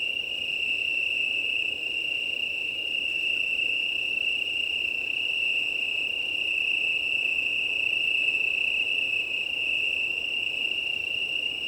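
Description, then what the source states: Italian tree cricket chorus, a smooth uninterrupted trilling drone over a constant background of wind. Chorus of many Italian tree crickets at start of night, 20:35 on 18 September 2019, Plateau de Lesches en Diois, Drôme, France; windy; recorded with Nomad six-track recorder and MKH8020 microphones.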